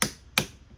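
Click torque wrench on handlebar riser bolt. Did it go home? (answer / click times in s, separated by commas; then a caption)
yes / 0.0 s, 0.4 s. A click-type torque wrench tightens a Helibars handlebar riser bolt to spec on a 2022 Pan America Special. Two sharp, bright metallic clicks ring out at 0.0 s and 0.4 s, each fading quickly into quiet. Both clicks confirm the riser bolts have reached the set torque.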